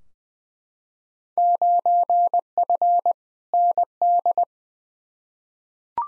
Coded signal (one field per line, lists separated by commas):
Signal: Morse code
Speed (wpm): 20 wpm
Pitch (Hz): 700 Hz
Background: none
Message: 9F ND